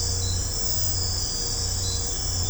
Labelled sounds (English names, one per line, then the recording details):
none
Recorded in secondary vegetation near Puerto Asís, Putumayo, Colombia, on 20 December 2024 at 22:30
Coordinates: 0.502, -76.326
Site G028